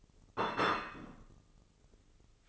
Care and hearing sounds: daily activity, microphone in the room; place plate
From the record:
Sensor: 4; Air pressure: 996.0 hPa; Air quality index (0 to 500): 61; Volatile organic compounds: 2 ppm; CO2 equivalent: 1075 ppm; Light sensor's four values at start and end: 13/37/13/14 and 13/37/13/14

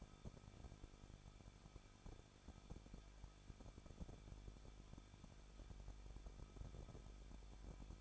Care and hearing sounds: daily activity, microphone in the room; no activity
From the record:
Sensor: 5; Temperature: 20.9 degrees Celsius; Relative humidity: 38.2%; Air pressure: 1006.4 hPa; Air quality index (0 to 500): 188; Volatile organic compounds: 19 ppm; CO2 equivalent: 2640 ppm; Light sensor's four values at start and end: 2/3/1/1 and 2/3/1/1

